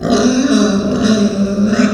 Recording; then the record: squeal of a Yucatan mini pig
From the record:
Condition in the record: after surgery on the right vocal fold (resection and tissue-engineered implant); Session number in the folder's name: 9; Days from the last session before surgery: 65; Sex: female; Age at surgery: 19 weeks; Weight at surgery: 25 kg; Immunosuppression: prednisolone